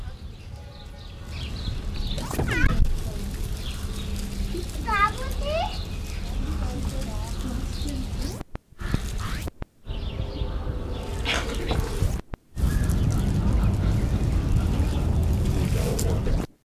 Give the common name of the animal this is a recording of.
Indian Crested Porcupine